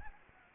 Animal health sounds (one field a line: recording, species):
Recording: mosquito wingbeat signal from an infrared sensor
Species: Anopheles gambiae